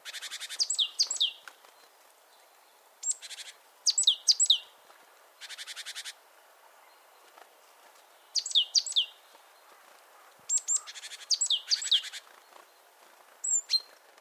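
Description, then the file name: Great tit song: short groups of swooping whistled notes, interleaved with rapid buzzy rattles, phrases recurring irregularly every few seconds against faint background hiss. "Parus major"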